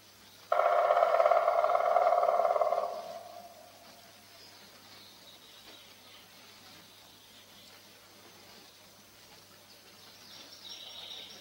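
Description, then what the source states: Black Woodpecker drumming: one rolling drum of rapid, even strokes lasting just over two seconds. Rolling drum trill heard in a forest, described as one of its spring songs.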